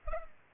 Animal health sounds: mosquito wingbeat signal from an infrared sensor; Culex pipiens

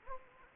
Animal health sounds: mosquito wingbeat signal from an infrared sensor; Anopheles gambiae

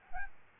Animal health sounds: mosquito wingbeat signal from an infrared sensor; Aedes albopictus

